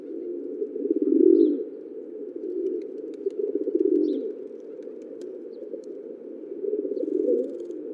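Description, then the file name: Low pigeon coos in three rounded swells, a strong one early and two softer ones later, over a continuous low drone with a few faint high ticks. "Columbidae"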